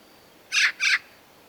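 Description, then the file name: Eurasian magpie call, a loud harsh double rasp, two grating bursts close together. "Pica pica"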